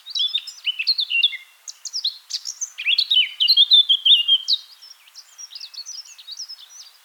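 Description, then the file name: Eurasian blackcap delivering continuous hurried warbling, mixing sweet whistled notes and scratchy chatter, loudest in the middle and fading toward the end. "Sylvia atricapilla"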